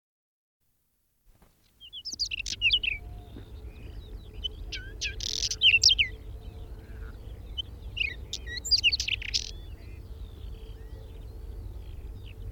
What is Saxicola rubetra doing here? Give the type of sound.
song